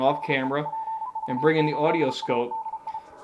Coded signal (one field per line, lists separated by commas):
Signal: Morse code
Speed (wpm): 33 wpm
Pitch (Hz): 890 Hz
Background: speech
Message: DE PV8ADI